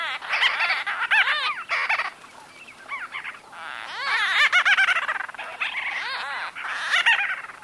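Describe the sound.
White-fronted bee-eater: excited chatter of many quick trilled notes with only brief pauses.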